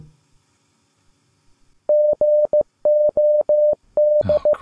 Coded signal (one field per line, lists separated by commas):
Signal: Morse code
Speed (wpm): 15 wpm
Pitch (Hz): 600 Hz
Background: none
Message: GOD